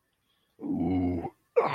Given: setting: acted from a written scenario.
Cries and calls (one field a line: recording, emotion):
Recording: vocal sound without words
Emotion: disgust